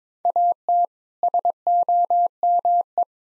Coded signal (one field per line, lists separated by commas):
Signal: Morse code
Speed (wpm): 22 wpm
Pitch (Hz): 700 Hz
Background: none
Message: AT SOME